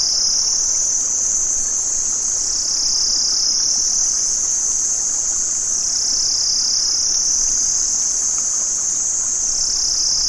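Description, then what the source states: Cicada chorus: a steady, piercing high buzz rising and falling gently in long slow pulses throughout. Cicadas recorded in Vietnam.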